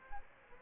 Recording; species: mosquito wingbeat signal from an infrared sensor; Aedes aegypti